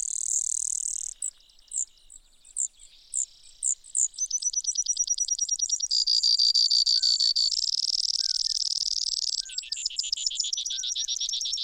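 Brewer's sparrow song: a short buzzy trill, then separate sharp high notes, then rapid buzzy trills changing pitch; soft slurred whistles from another bird now and then.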